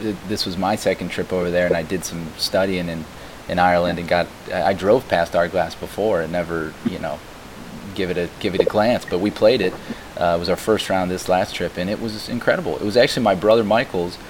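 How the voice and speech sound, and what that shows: A low-pitched adult male voice speaks conversationally at an easy pace, with brief pauses and a few ordinary word repeats and fillers like "you know". Voice quality and articulation are clear: normal fluent speech, with light steady background hiss.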